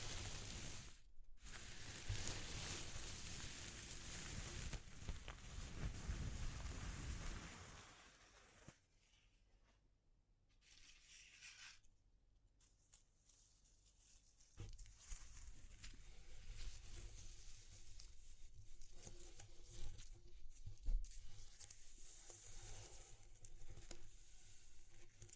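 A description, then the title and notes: A study in textures: a thick, rough rushing scrape fills the first eight seconds, broken by a short gap near one second. Things then thin to near silence with a few soft bits, before crackly, tearing rustles return from about fifteen seconds with sharper snaps. ASMR Exploring Textures (No Talking).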